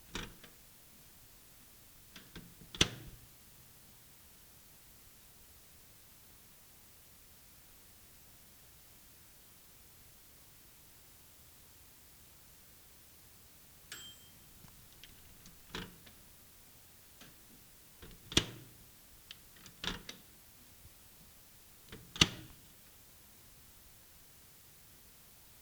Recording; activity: daily activity, guitar pickup as the sensor; use microwave